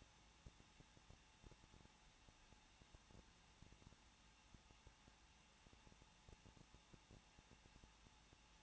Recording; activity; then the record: daily activity, microphone in the room; no activity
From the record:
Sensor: 1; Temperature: 20.1 degrees Celsius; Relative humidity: 39.1%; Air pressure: 1006.3 hPa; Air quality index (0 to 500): 217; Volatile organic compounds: 75 ppm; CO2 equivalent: 3562 ppm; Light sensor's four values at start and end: 1/2/1/1 and 1/2/1/1